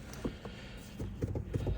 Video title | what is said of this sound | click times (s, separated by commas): Fk8 gets acuity short throw shifter/ shift boot collar/ shift knob | push the tops like that and then they click in click in place | 0.1 s, 1.2 s, 1.4 s, 1.5 s